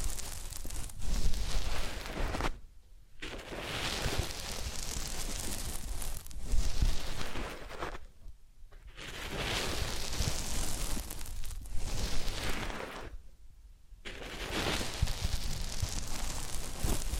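Ear cleaning and massage sounds: dense, scratchy rubbing and brushing that swells and fades in long strokes. The rustling stops briefly three times, near 3, 8.5 and 13.5 seconds, before resuming with soft crackles and occasional low bumps.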